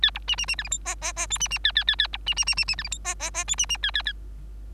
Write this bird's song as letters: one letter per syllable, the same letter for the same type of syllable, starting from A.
A B C C C D E F G G G H C C A A A A B C C C C C D E F G G G H C C A A A